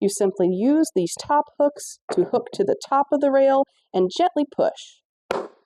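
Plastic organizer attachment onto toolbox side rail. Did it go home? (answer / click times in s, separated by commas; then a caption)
yes / 5.3 s. Someone talks while hooking the top hooks of a plastic organizer attachment over the side rail of a Klein Tools Mod Box toolbox and gently pushing it in. At 5.3 s a single sharp snap is heard as the orange bottom hook catches the rail, and the attachment is completely locked in place.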